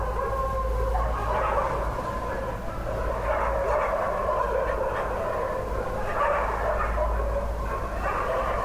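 Dog barks come in irregular clusters, harsh and repeated, with a continuous low rumble beneath.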